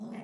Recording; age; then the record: pig call; piglet (1 to 25 days)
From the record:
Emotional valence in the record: negative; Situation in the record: long isolation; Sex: female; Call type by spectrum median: low-frequency call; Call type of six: mixed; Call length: 0.24 s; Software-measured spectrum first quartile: 217 Hz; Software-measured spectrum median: 307 Hz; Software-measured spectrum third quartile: 821 Hz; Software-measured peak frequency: 218 Hz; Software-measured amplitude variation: 149 dB a second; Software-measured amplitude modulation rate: 24.5 a second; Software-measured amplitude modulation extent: 6.1 dB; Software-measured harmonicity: 6.7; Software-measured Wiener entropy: -0.62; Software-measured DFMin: 795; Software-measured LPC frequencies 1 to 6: 2137, 5191, 6023, 7071, 7866, 8911 Hz